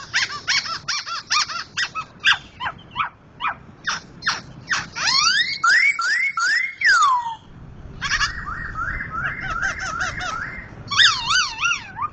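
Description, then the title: Laughingthrush delivering dense rapid chatter, then a row of repeated rising-falling whistles and wavering looping notes, loud and continuous. Loud-singing Sumatran crested bird named Gathutkaca, described as a national champion and a continuous, vigorous singer. "Poksay Jambul Sumatra Suara Keras Juara Nasional. Poksay Hongkong gacor mantab (Gathutkaca)"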